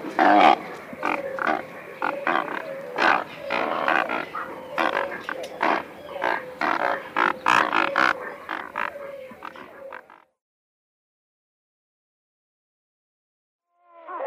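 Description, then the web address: Great white pelican rough, hoarse grunting calls repeated for about ten seconds, then silence, with one brief call at the end. "Great White Pelican"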